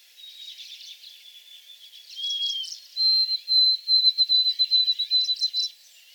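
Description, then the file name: White-throated Sparrow singing clear whistled notes: a lower held tone, then a long steady higher whistle with pulsing beats, over a chatter of other small birds. Recorded on 28 April 2022 in back shrubs. "2022-04-28 White-throated Sparrow in back shrubs"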